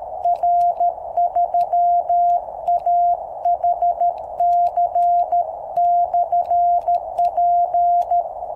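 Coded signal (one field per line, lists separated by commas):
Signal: Morse code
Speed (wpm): 13 wpm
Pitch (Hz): 700 Hz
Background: none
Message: R3AHC/P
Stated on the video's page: QRP CW on QCX-mini transceiver powered by 3x18650 cells, 10 m end-fed antenna with 1:64 balun on 7 m fishing-pole mast.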